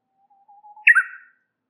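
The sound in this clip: Warbler starting with soft wavering low whistles, then a sudden bright burst of chirpy descending notes.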